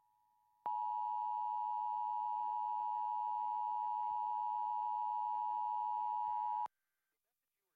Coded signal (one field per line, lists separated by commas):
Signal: Emergency Alert System (SAME) tones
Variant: 853 and 960 Hz attention tone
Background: speech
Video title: The first test of the National Emergency Alert System 11/9/11.